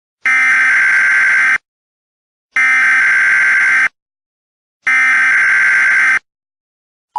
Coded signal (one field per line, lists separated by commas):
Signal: Emergency Alert System (SAME) tones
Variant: header bursts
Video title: EAS: Paranormal Emergency